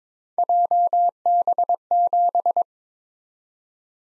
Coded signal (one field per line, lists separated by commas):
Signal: Morse code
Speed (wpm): 22 wpm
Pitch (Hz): 700 Hz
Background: none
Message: JB7